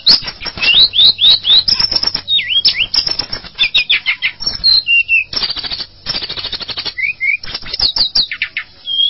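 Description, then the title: Java sparrow singing a fast string of clicks and bell-like chips broken by brief curved whistles, with a few short pauses. "kicau gelatik"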